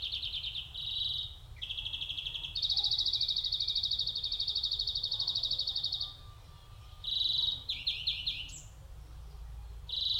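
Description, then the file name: European greenfinch with quick trilled phrases, then one sustained rattling trill lasting nearly four seconds. After a pause, more varied trills follow over a faint low hum. "Chloris chloris"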